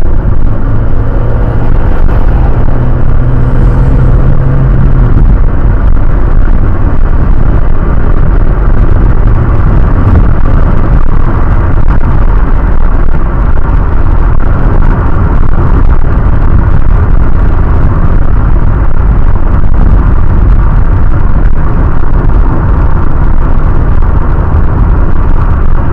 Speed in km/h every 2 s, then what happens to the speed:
66, 77, 81, 86, 91, 94, 95, 92, 85, 82, 78, 78, 77.
0-12 speeds up to 95. 12-20 slows to 78. 20-26 steady at about 78.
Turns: none.